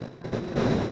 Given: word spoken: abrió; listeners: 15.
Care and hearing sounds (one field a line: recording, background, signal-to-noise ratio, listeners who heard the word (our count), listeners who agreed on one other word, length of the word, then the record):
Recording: one Spanish word in noise, from a listening test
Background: noise modulated by one talker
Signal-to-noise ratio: -12.9 dB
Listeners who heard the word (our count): 1 of 15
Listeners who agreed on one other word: 9 of 15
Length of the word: 0.52 s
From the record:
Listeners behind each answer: 9, 4, 1, 1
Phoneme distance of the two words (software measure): 24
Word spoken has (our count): 2 syllables, 5 phonemes, stress on syllable 2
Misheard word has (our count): 2 syllables, 5 phonemes, stress on syllable 2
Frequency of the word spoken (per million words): 52.57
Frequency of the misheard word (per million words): 23.91